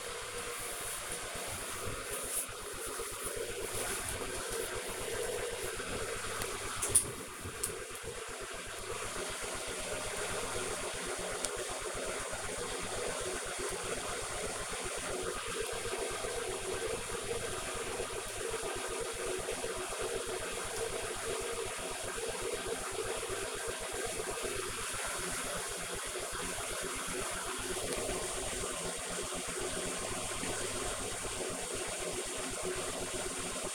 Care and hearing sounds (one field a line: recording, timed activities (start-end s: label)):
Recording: household activities, microphone on the right wrist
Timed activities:
0.00-33.75 s: making tea